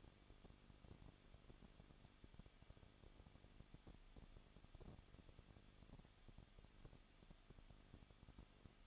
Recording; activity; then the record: daily activity, microphone in the room; no activity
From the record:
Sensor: 4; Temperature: 23.1 degrees Celsius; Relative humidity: 34.2%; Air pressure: 1007.2 hPa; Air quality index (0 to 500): 217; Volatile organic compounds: 15 ppm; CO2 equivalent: 2507 ppm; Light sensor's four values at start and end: 2/3/1/1 and 2/3/1/1